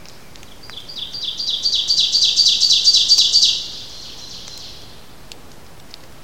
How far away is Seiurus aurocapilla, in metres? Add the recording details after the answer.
about 10 m. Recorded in boreal forest in Alberta, Canada, on 29 May 2016 at 05:44. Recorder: SongMeter 3, array SBT-3-49. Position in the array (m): 117 m, 134 m. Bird 15